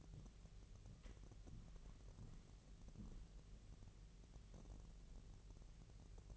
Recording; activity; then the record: daily activity, microphone in the room; walk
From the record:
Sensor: 4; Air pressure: 1003.0 hPa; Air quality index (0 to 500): 246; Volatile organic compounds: 26 ppm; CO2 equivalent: 2865 ppm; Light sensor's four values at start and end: 8/17/7/7 and 8/17/7/7